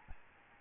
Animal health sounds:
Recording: mosquito wingbeat signal from an infrared sensor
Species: Aedes albopictus

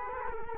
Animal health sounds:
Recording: mosquito wingbeat signal from an infrared sensor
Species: Culex quinquefasciatus

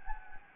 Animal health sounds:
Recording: mosquito wingbeat signal from an infrared sensor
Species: Anopheles gambiae

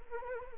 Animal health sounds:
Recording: mosquito wingbeat signal from an infrared sensor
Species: Anopheles arabiensis

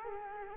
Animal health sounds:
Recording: mosquito wingbeat signal from an infrared sensor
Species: Culex quinquefasciatus

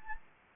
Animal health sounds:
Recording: mosquito wingbeat signal from an infrared sensor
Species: Anopheles gambiae

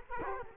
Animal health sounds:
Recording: mosquito wingbeat signal from an infrared sensor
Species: Culex quinquefasciatus

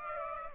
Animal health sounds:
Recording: mosquito wingbeat signal from an infrared sensor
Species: Aedes aegypti

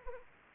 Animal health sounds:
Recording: mosquito wingbeat signal from an infrared sensor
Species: Anopheles arabiensis

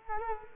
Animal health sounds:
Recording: mosquito wingbeat signal from an infrared sensor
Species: Culex quinquefasciatus

